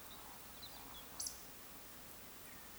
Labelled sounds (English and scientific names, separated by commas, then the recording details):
Eurasian Woodcock (Scolopax rusticola) whistle, Eurasian Woodcock (Scolopax rusticola) croak
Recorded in Baden-Württemberg, Germany, on 2 June 2020 at 19:43 UTC
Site 46190, 1214 m above sea level